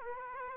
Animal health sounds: mosquito wingbeat signal from an infrared sensor; Aedes aegypti

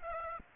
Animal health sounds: mosquito wingbeat signal from an infrared sensor; Aedes aegypti

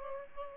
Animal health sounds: mosquito wingbeat signal from an infrared sensor; Aedes aegypti

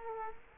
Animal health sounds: mosquito wingbeat signal from an infrared sensor; Culex quinquefasciatus

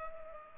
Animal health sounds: mosquito wingbeat signal from an infrared sensor; Culex pipiens

